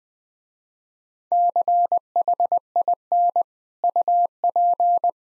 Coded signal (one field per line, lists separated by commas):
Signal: Morse code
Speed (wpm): 20 wpm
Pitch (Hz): 700 Hz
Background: none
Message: CHIN UP